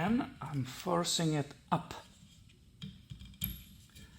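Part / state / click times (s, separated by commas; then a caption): wiper blade onto windshield wiper arm / not seated / none. Someone talks while forcing a new windshield wiper blade up onto the hook of a Toyota Camry's wiper arm, followed by a few soft handling knocks and taps. The blade has not yet clicked or seated on the arm.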